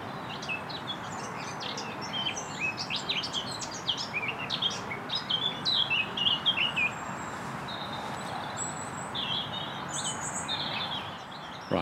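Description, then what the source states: Eurasian blackcap song: a rich, fast warble of varied high notes tumbling along for several seconds, over a steady background rush. Singing by a stile with really tall trees, a scrubby thicket and a stream; woodland streamside walk in Monmouthshire at the spring equinox; described as beautiful notes.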